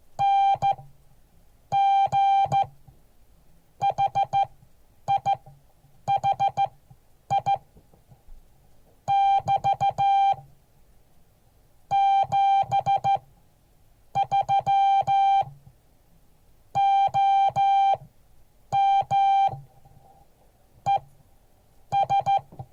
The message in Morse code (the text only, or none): NG HI HI <BT> 73 OM ES